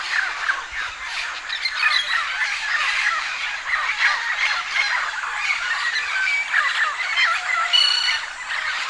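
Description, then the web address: Amaama chorus: many birds chattering and calling at once, a dense continuous mass of harsh, squeaky notes with no pauses. Pre-roost chorus. "chants amaama predortoir"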